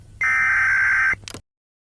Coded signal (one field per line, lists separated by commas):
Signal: Emergency Alert System (SAME) tones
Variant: header bursts